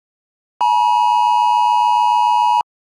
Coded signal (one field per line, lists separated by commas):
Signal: Emergency Alert System (SAME) tones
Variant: 853 and 960 Hz attention tone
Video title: EAS mock: The Magic Dimension Tornado Outbreak